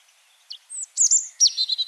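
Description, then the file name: European robin song phrase: thin, high, varied whistles and trills jumping between pitches, with sliding notes and rapid twittering flourishes at the end. "Erithacus rubecula"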